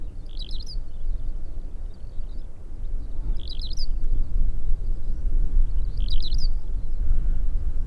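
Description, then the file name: Raso lark calling in brief twittering bursts, three clear clusters about every three seconds, with constant low-pitched noise underneath. Recorded 20 October 2011. "alauda razae 20-10-2011"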